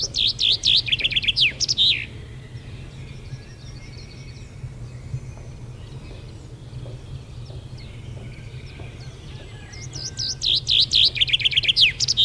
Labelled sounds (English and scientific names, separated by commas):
Common Chaffinch (Fringilla coelebs) song